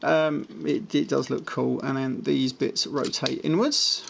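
Someone talks while handling a plastic transforming action figure, rotating its plastic chest/arm pieces inward toward the figure's torso. No distinct click stands out over the speech. Nothing has seated or clicked into place yet.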